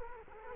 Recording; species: mosquito wingbeat signal from an infrared sensor; Culex quinquefasciatus